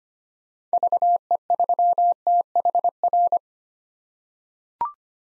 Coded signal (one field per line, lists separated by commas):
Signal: Morse code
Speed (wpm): 25 wpm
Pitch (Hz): 700 Hz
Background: none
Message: VE3THR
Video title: 2023 POTA Activator Call Signs - 25wpm